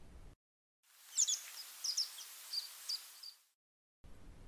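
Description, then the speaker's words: American pipit flight calls: thin, high, sharp doubled notes, several in a loose series over about two seconds, with soft background hiss. Small flocks flushing from the lake's edge giving electric 'sippit' calls; Lake Helena, early October, during fall migration; recorded from a boat. "American pipits flush from the lake's edge with their electric sippit, sippit"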